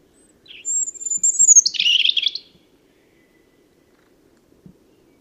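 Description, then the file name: European robin song: a thin high whistle sliding down, then a brief tumbling jumble of sweet twittering notes, followed by silence. "Erithacus rubecula"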